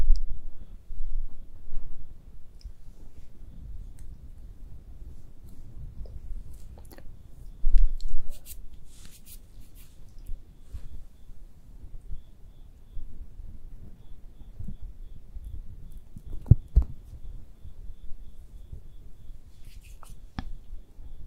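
Soft makeup application sounds with no talking: low brushing and rubbing noises fill the clip, with faint taps and light clicks scattered throughout. A sharper tap stands out near 8 seconds and again around 16–17 seconds, and brief bright crinkles appear near 9 and 20 seconds.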